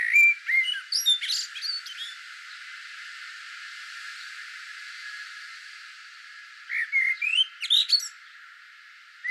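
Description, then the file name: Eurasian blackbird song phrases: two bursts of whistled notes around mid pitch mixed with squeaky, high twittering, separated by about five seconds of quiet hiss. "Turdus merula"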